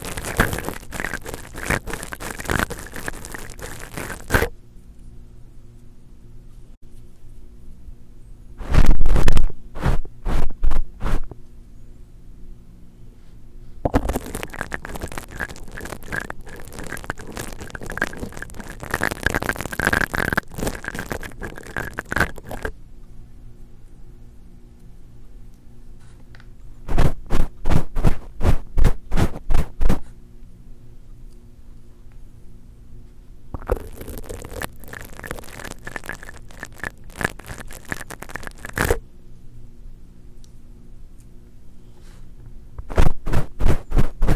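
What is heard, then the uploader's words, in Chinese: Crisp bristle scratching from a mascara brush comes in bursts of rapid strokes, longest around 14–22 seconds, with shorter runs near 9, 28, 36 and 43 seconds. Between bursts only a faint low hum remains. 睫毛刷的刺激聲音。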